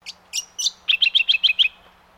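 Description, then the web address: Brown honeyeater call: a few sharp high chips, then a quick series of seven bright, level whistled notes. "Sound Effects-Foundation 1 BIRD BROWN HONEY EATER CALL"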